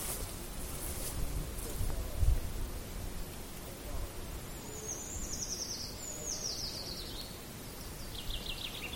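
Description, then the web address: Eurasian treecreeper singing two high, thin descending trills in the second half, then a faint shorter phrase, after a low thump near the start; steady background hiss throughout. "linnut puukiipija"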